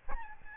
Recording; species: mosquito wingbeat signal from an infrared sensor; Aedes albopictus